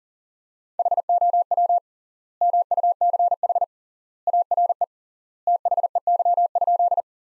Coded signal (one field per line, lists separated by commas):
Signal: Morse code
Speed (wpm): 37 wpm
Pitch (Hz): 700 Hz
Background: none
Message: HOW MUCH ARE THEY?